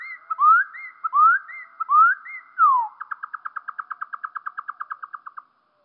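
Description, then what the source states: Eurasian wren song, deep and slow, with three upward-sweeping whistled phrases and a downward slur, followed by a long, even trill of rapid repeated notes that stops abruptly. Song slowed down by two octaves.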